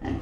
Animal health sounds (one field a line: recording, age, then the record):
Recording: pig call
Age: growing-finishing pig (85 days or more)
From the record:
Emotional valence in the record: negative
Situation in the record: barren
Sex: female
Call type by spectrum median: low-frequency call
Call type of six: low-frequency stable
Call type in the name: low-frequency stable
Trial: 3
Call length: 0.21 s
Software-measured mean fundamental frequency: 41 Hz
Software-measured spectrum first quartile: 133 Hz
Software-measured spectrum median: 276 Hz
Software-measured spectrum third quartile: 540 Hz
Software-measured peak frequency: 279 Hz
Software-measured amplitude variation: 163 dB a second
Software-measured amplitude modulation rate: 21.0 a second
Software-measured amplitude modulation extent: 7.8 dB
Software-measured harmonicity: 0.3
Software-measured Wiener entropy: -0.41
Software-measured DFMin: 831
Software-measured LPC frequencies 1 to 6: 835, 1890, 3038, 4714, 6065, 6623 Hz